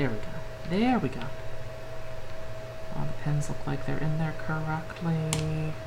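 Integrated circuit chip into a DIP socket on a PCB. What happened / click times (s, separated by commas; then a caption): The part is handled but not yet seated; no click / none. An integrated circuit chip is held over a DIP socket on a PCB while someone talks, with a steady hum underneath. The pins look lined up, but the chip has not yet been pressed in, so nothing has seated or clicked yet.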